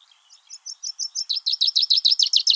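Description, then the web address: Chaffinch song in a brisk descending series, first thin high notes then louder lower ones, repeated rapidly and evenly to the end. "Deverinetal 2025 File origin Bird Only Fr Co"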